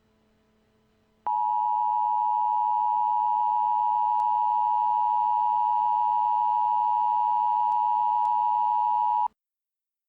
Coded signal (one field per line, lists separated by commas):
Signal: Emergency Alert System (SAME) tones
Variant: 853 and 960 Hz attention tone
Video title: EAS Scenario - Galveston Hurricane